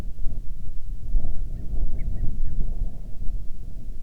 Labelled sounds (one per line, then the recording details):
bird
wind
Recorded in the Arctic National Wildlife Refuge, Alaska, on 10 July 2019 at 18:03
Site 44